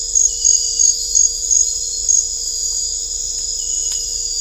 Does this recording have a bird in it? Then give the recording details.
no. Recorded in dense forest near Puerto Asís, Putumayo, Colombia, on 16 December 2024 at 21:30. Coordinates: 0.500, -76.322. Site G053